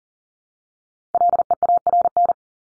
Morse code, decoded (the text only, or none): LEARN